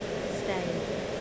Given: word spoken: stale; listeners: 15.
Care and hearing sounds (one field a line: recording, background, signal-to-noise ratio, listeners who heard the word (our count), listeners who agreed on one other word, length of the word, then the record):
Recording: one English word in noise, from a listening test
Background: speech-shaped noise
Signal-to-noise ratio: -5.0 dB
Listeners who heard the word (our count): 0 of 15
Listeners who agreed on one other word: 6 of 15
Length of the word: 0.81 s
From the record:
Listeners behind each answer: 6, 3, 1, 1, 1, 1, 1, 1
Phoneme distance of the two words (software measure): 7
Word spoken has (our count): 1 syllable, 4 phonemes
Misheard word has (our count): 1 syllable, 3 phonemes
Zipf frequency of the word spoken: 3.28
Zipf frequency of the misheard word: 5.39